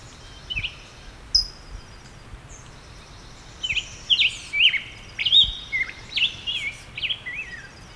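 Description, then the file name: Black-headed Grosbeak song: a few scattered notes, then a rich warbled phrase of rising and falling whistled notes. "Black-headed Grosbeak - Pheucticus melanocephalus"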